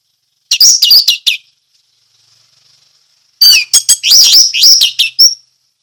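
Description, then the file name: Orange-headed thrush song: two loud bursts of rapid, varied high chirps and trills separated by a near-silent pause, with a thin faint whistle between. Song in the style called 'ngeplong teler'; Indonesian name anis merah. "suara anis merah ngeplong teler"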